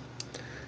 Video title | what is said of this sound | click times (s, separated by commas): Arduino Motor Shield Upgrade with Dual 7554 chips | it a little bit to get it on there and it snaps into place nice | 0.2 s, 0.3 s